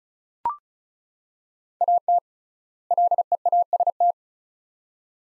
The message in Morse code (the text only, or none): AT LEAST